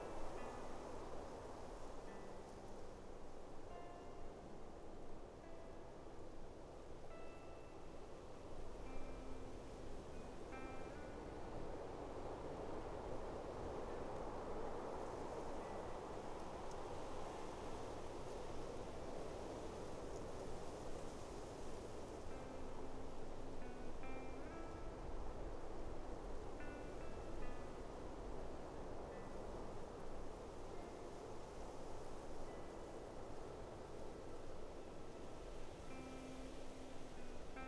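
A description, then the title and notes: On top of a mountain, a dense, steady rushing roar fills the whole 38 seconds, heavy in the low and middle range and barely changing in level. Faint, brief tonal notes surface here and there throughout, sitting just above the constant wash. On top of a mountain.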